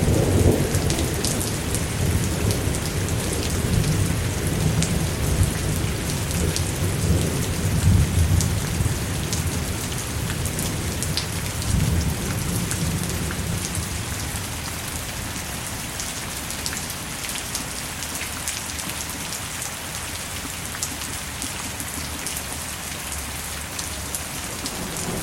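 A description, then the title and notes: A rainstorm pours down steadily, a dense hiss of drops with sharp, close pattering on a surface throughout. For the first twelve seconds a deep rolling rumble of thunder swells underneath, then fades, leaving the rain slightly quieter and thinner to the end. Rainstorm Sounds For Relaxing or Focus - Nature White Noise.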